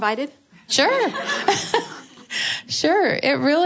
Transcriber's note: laughter